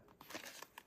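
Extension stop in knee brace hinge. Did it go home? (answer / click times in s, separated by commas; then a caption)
yes / 0.2 s. A plastic extension stop sits in a knee brace hinge, and the brace is moved into extension so the stop snaps into its groove. A sharp snap is heard at 0.2 s amid soft crinkling handling noise, with further brief clicks near 0.6 and 0.8 s. The stop is seated and secure.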